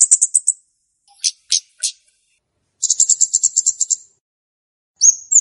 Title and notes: Kicau Burung Kemade ( Cabe Cabean) Jernih. Suara Burung Cabe Cabean Pikat